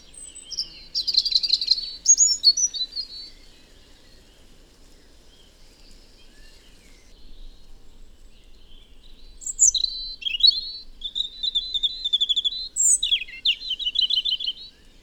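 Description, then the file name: European robin with high, thin warbling phrases mixing sweet notes and fast twittering runs, separated by a long pause in the middle, over a quiet background. "Erithacus rubecula"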